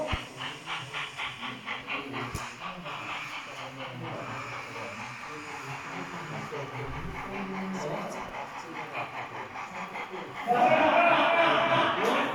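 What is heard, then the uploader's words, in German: A narrow-gauge Mh locomotive runs on a three-rail track, with a steady rhythmic clatter and chuffing through the first ten seconds while a voice speaks faintly underneath. Near the ten-second mark the sound jumps louder into a bright, hissing rush of steam that continues to the end. Fahrt einer Mh vom Heizhaus "Unsmarkt" zurück in den Bahnhof am Dreischienengleis mit Halt vor der Einfahrtsweiche.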